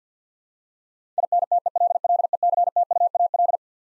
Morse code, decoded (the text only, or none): INTELLECTUAL